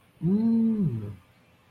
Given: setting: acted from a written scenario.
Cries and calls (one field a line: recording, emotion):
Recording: vocal sound without words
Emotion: interest